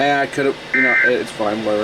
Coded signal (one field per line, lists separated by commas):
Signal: Emergency Alert System (SAME) tones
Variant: end-of-message bursts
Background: speech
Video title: NWS Paducah On Speed | EAS Alerts From 3/30/2025 (EAS #2,741-2,771)